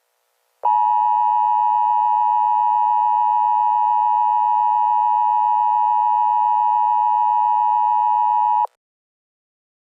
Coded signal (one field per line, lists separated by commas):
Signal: Emergency Alert System (SAME) tones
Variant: 853 and 960 Hz attention tone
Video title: Eas scenario angry munci (this is the best I can do)